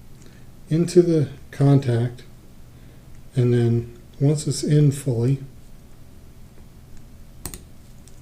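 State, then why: Released. An extraction tool is slid down over the wire into a crimped D-sub contact in a HEAVYCON 25-position modular connector insert while someone talks. Once the tool is fully in, a short, sharp pop sounds at 7.5 s, releasing the contact so the whole contact can come out of the insert.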